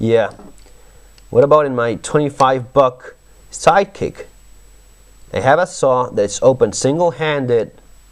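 Someone talks while a folding saw blade on a $25 Sidekick multi-tool is handled for one-handed opening. Nothing has clicked or locked into the handle yet.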